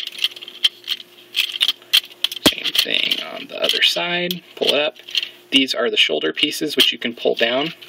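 Plastic shoulder pieces on a Robots in Disguise (Transformers Prime) Deluxe Class Revealer Ratchet action figure are handled during the robot-mode transformation, with rattling plastic clicks and taps while someone talks. Sharp clicks come at about 0.2, 0.7, 1.6, 2.3, 2.8 and 2.9 seconds. The shoulder pieces have not locked into the torso yet; nothing has seated or clicked home.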